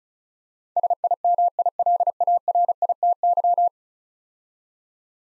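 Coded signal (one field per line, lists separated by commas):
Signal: Morse code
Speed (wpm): 34 wpm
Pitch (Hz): 700 Hz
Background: none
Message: SIMILARITY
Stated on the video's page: Morse practice of 10-letter words at 35 wpm for head-copying, each word sent twice.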